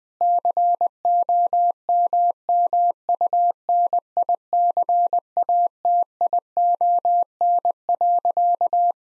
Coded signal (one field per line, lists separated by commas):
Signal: Morse code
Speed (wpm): 20 wpm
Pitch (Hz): 700 Hz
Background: none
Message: COMMUNICATION.